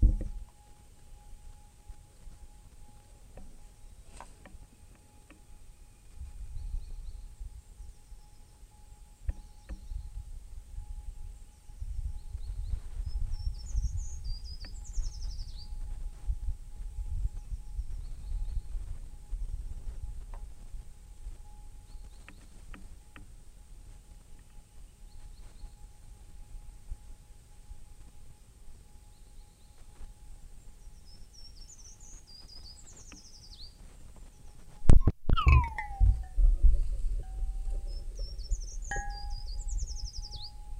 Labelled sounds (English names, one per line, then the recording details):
Eurasian Treecreeper song
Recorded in the wild
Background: Parus major
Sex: male
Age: adult
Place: Freiburg, Baden-Württemberg, DE
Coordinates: 48.0333, 7.82472
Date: 1960-03-26
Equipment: Maihak MMK 4, Sennheiser MD 82
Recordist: Thielcke, Gerhard
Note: Freiburg, Mooswald, Waldbaumläufer Mischsänger, Gesang, daneben Kohlmeise